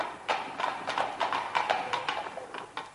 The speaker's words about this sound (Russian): Заслыша стук экипажа, подходит к окну.